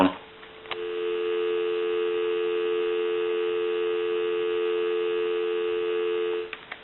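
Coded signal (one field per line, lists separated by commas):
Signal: telephone call progress tone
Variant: North America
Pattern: dial tone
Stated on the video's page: Tone heard on a Northern Telecom telephone during initial checkout and repair.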